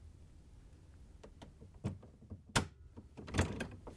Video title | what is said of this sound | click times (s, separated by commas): How To: LG/Kenmore Fan Motor 4681JB1027C | once you have them lined up we can lower it down and snap it into place | 2.6 s